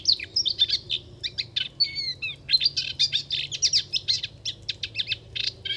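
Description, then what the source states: Moustached warbler singing a rapid, chattering phrase of short notes, broken by a few pure whistled notes. Singing in a reedbed along Chemin de Fangassier, Camargue, 23 March 2019; no wind; bird hard to see in the reeds; recorded with Wildtronic parabola, MKH8020 microphone and MixPre-3.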